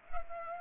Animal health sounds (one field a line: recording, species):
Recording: mosquito wingbeat signal from an infrared sensor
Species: Culex pipiens